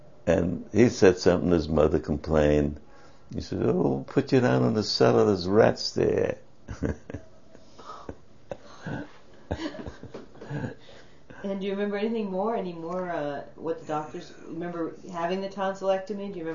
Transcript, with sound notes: And he said something, his mother complained, he says, "Oh, we'll put you down in the cellar, there's rats there." (Laughs)
And do you remember anything more - uh, what the doctors - remember having the tonsillectomy, do you remember that?